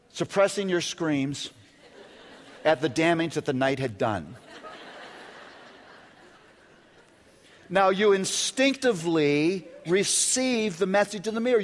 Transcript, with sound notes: suppressing your screams at the damage the night had done. (laughter) Now you instinctively receive the message in the mirror.